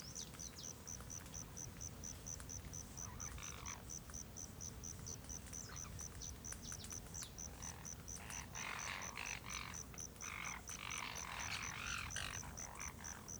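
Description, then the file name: Jandaya parakeet harsh screeching calls in clustered bursts, mostly in the second half, over a steady rapid insect pulsing. Jandaya parakeets eating guava in a guava tree at Terra Ronca, with cicadas and soft wind; AB stereo recording. "Jandaias verdadeiras comendo goiaba goiabeira em terra ronca, outros passaros, moscas, cigarras, vento suave, gravacao em ab"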